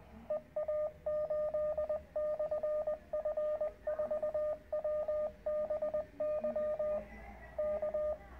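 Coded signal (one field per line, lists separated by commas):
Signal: Morse code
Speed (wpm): 20 wpm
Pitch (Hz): 610 Hz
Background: radio noise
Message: EA8/F4WBY K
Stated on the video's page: QRP operation in the Canary Islands with bands closed and poor conditions.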